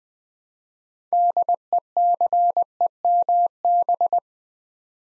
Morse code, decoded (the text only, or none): DECEMB